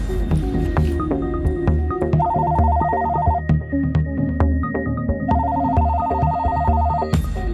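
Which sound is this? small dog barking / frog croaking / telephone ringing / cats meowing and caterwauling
telephone ringing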